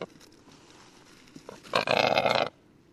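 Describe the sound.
Rackelhahn (black grouse × capercaillie hybrid): rackelhahn giving a harsh, rasping croak lasting under a second, preceded by a few soft clicks and quieter rough notes.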